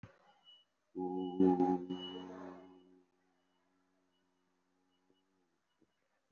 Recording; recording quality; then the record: sustained vowel as in boot; moderate, slight background noise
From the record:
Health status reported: recovered from COVID-19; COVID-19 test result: positive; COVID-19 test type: RT-PCR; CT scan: taken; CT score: 0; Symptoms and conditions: cough, cold, breathing difficulty, fatigue, muscle pain, asthma, chronic lung disease, pneumonia, another respiratory illness, hypertension, another condition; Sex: male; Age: 54 years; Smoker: yes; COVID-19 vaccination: both doses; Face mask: worn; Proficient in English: no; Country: India